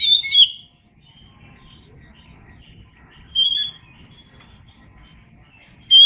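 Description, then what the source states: Oriental magpie-robin heard in three short bursts of shrill whistling separated by long quiet gaps filled with low rumbling background noise. Known by the Indonesian name kacer; described as gacor, singing often and vigorously.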